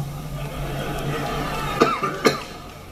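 An adult man coughs twice in quick succession, two short sharp bursts over a steady low background hum.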